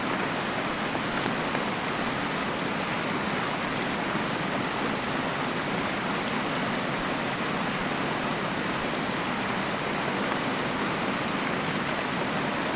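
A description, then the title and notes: Soft rain falls by a waterfall in a steady, dense hiss of rushing water, unchanging throughout, full and bright with little low rumble. Soft Rain by a Waterfall.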